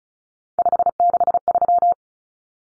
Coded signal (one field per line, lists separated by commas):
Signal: Morse code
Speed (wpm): 34 wpm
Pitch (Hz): 700 Hz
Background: none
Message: 563